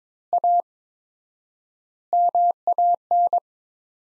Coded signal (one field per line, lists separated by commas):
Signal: Morse code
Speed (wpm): 22 wpm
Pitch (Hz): 700 Hz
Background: none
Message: A MAN